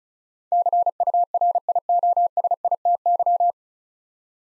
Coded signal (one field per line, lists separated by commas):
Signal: Morse code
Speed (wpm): 34 wpm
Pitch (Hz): 700 Hz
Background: none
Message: CURIOSITY